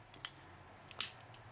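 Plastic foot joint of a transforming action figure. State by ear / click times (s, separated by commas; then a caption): seated / 1.0 s. The plastic feet of a Transformers Dark of the Moon Voyager Class Shockwave action figure are folded up during transformation and pushed until the foot joint seats into its locked position. Faint plastic ticks at 0.2 s and 0.9 s lead up to a sharp, bright click at 1.0 s as the feet lock in place, followed by a small tick at 1.3 s.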